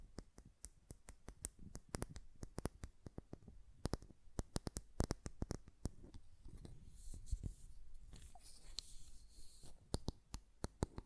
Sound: Glass Perfume Bottle Tapping & Lid Sounds